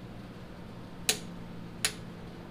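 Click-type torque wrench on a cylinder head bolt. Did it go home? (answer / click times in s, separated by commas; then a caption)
yes / 1.1 s, 1.8 s. A click-type torque wrench tightens a cylinder head bolt on the 460 big-block engine of a 1979 Ford F-350 4x4 Supercab, starting from the middle of the head so it does not warp. Over a steady low hum, two sharp clicks ring out at 1.1 s and 1.8 s, showing the bolt has reached the wrench's set torque.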